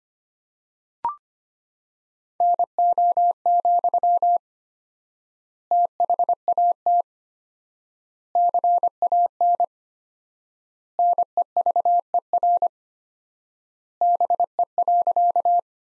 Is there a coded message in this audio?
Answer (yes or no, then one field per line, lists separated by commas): yes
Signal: Morse code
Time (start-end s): 2.4-15.6 s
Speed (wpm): 25 wpm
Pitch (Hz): 700 Hz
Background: none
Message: NO, THAT CAN NEVER BE.